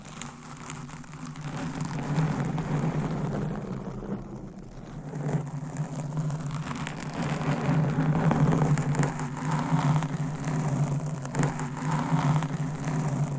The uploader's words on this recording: ASMR with 400 MICS!Different Mic Covers & Nails Mic Scratching , Massage & More No Talking.